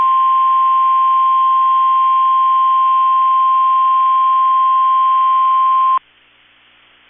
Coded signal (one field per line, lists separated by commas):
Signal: Emergency Alert System (SAME) tones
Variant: 1050 Hz attention tone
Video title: 11/24/21 - KEC65 Required Weekly Test (EAS #293)